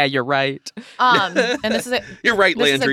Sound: chuckle